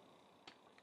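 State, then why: Seated. A plastic panel section of a Mastermind Creations Calidus transformer figure is pushed down so its tab clips into the figure's body for vehicle mode. A sharp, quiet click is heard at 0.5 s, followed by a fainter tick at 0.8 s. The panel seats in place, though the click is not very loud on this side.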